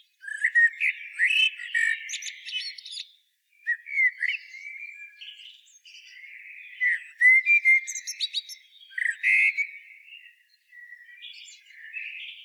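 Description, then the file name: Common blackbird song: mellow fluty warbled phrases with squeaky high twitters, given in bursts separated by short pauses. "Turdus merula"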